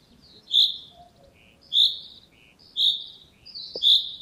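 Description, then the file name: Common chaffinch calls, short bright metallic notes repeated about once a second, four in all, with faint thin whistles lower down. "Fringilla coelebs"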